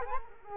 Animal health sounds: mosquito wingbeat signal from an infrared sensor; Culex quinquefasciatus

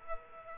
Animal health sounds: mosquito wingbeat signal from an infrared sensor; Culex quinquefasciatus

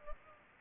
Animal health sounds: mosquito wingbeat signal from an infrared sensor; Culex pipiens

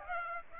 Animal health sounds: mosquito wingbeat signal from an infrared sensor; Aedes aegypti

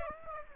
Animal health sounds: mosquito wingbeat signal from an infrared sensor; Aedes aegypti

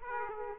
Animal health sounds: mosquito wingbeat signal from an infrared sensor; Aedes aegypti

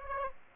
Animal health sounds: mosquito wingbeat signal from an infrared sensor; Aedes aegypti

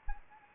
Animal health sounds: mosquito wingbeat signal from an infrared sensor; Anopheles gambiae

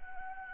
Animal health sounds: mosquito wingbeat signal from an infrared sensor; Anopheles arabiensis

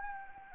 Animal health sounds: mosquito wingbeat signal from an infrared sensor; Anopheles arabiensis

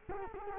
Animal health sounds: mosquito wingbeat signal from an infrared sensor; Culex quinquefasciatus

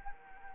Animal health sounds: mosquito wingbeat signal from an infrared sensor; Anopheles arabiensis

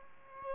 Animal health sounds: mosquito wingbeat signal from an infrared sensor; Aedes aegypti

